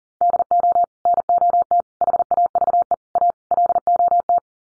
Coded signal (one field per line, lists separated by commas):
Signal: Morse code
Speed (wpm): 40 wpm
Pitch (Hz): 700 Hz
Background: none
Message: DO NOT HAVE A LOT